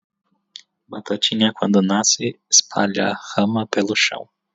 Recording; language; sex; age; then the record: short text; Brazilian Portuguese; male; 30 to 39 years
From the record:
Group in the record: control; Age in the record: 33 years